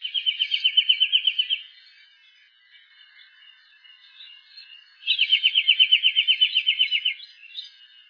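Tufted titmouse trilled call: two rapid, even, high trills separated by a few seconds of quiet.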